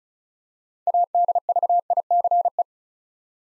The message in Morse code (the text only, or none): ADVICE